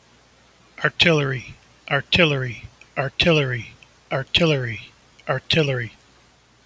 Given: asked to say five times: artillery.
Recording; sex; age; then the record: repeated word; male; 40 to 49 years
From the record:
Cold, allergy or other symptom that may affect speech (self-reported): no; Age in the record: 47 years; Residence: Illinois, United States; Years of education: 16